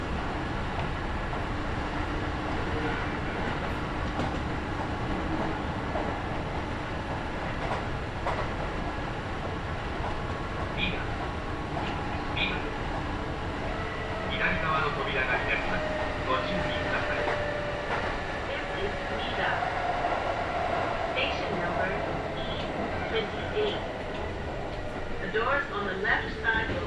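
Inside a Kintetsu Nagoya Line local train running from Shiohama to Shiroko, a steady low rumble and rattle fill all 27 seconds. Faint voices come and go, and brighter squeaks and clicks appear from about ten seconds on, growing busier after fifteen.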